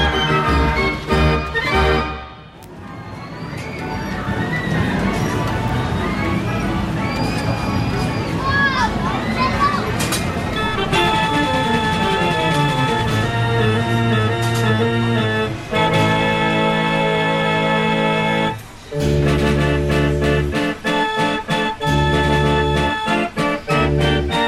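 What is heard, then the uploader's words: Fairground sounds: a dense, busy mix of crowd voices and chatter with sliding, warbling tones in the first half, then loud, steady ride or organ-like music with a regular thumping beat from about eleven seconds, briefly cutting out near nineteen seconds before resuming. Fairground Sounds.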